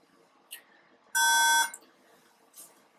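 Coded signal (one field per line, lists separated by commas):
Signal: beep code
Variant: Apple Mac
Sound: a single half-second electronic beep with a buzzy, harmonic tone in a quiet room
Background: quiet room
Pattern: 1 beep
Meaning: No memory detected; the system cannot read any RAM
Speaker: you hear a very distinct sound this beeping sound this beep sound means that the system does not read any memory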